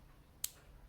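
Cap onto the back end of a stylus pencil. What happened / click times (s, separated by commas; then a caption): The magnetic cap snapped onto the end with a single light tap / 0.4 s. The magnetic plastic cap of a first-generation Apple Pencil is brought to the back end of the stylus, and the magnet pulls it on. A single faint, sharp tap is heard at 0.4 seconds as the cap meets the pencil, with no distinct click. The cap is seated.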